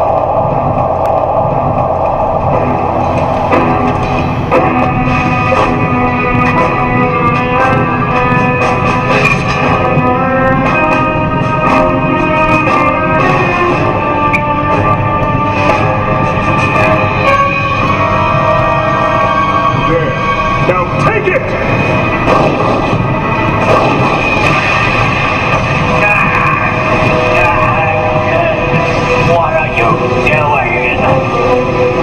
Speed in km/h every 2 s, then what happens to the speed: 99, 100, 102, 104, 106, 106, 107, 108, 109, 111, 111, 111, 111, 111, 111, 112.
0-18 speeds up to 111. 18-32 steady at about 111.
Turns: none.